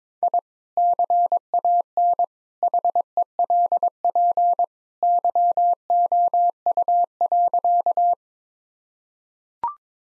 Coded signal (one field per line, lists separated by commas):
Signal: Morse code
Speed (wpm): 21 wpm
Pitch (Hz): 700 Hz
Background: none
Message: I CAN HELP YOU.